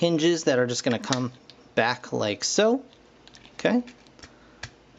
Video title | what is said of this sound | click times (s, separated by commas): Transformers Combiner Wars Titan Class DEVASTATOR review | like so, and lock into place, just like that. | 4.6 s